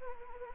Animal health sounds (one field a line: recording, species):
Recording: mosquito wingbeat signal from an infrared sensor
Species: Anopheles gambiae